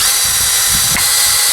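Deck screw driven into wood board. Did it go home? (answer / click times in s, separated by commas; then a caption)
no / none. A power driver runs a deck screw into a wood board with no pilot hole, giving a steady high-pitched whir with low rumbling pulses throughout. The screw keeps turning but goes no deeper because it is stripped, and the wood splits. The driver's clutch has not clicked yet.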